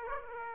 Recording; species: mosquito wingbeat signal from an infrared sensor; Aedes aegypti